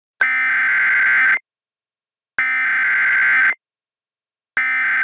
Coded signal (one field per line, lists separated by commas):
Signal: Emergency Alert System (SAME) tones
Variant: header bursts